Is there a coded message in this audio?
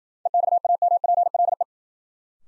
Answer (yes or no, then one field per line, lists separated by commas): yes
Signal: Morse code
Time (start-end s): 0.3-1.6 s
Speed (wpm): 52 wpm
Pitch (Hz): 700 Hz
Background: none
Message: EXAMPLE